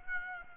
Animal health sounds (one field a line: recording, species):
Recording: mosquito wingbeat signal from an infrared sensor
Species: Aedes aegypti